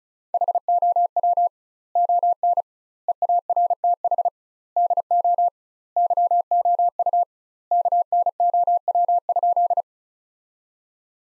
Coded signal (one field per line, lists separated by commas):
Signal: Morse code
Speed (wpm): 34 wpm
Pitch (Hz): 700 Hz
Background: none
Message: HOW ON EARTH DO YOU KNOW?